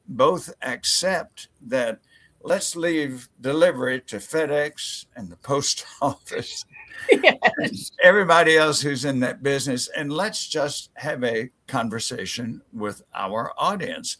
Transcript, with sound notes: both accept that let’s leave delivery to FedEx and the post office. (Laughs) Everybody else who’s in that business, and let’s just have a conversation with our audience.